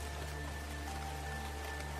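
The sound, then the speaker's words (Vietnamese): A steady, dense wash of heavy rain hisses evenly throughout, with no pauses, over a low constant hum, on a summer night in the early hours. No voices. “Lúc ấy là khoảng đầu giờ Sửu, một đêm mùa hè với cơn mưa ầm ầm như chút nước.”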